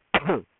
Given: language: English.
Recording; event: throat vibration sensor signal played as sound; cough